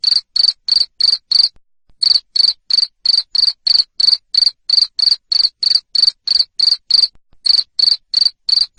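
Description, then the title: Cricket chirping, short bright buzzy pulses repeated about three times a second in a steady run, with brief pauses. Loud cricket chirping, called ngerik, played to stimulate lovebirds to keep singing (ngekek). "Suara JANGKRIK NGERIK Keras Bikin LOVEBIRD Jadi NGEKEK Terus Vubey"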